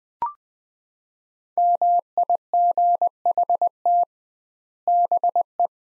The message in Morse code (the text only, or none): MIGHT BE